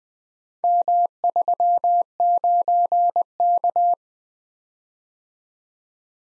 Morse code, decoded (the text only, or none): M39K